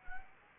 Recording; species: mosquito wingbeat signal from an infrared sensor; Anopheles arabiensis